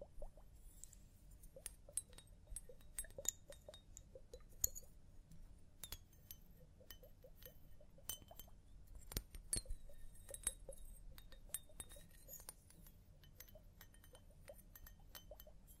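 A hair wash and scalp massage, heard as a steady low rustle with dense, irregular bursts of sharp clicks and small crackles throughout. The crisp ticks come in quick clusters, some ringing briefly like tiny clinks, with louder snaps near the two-, eight- and nine-second marks.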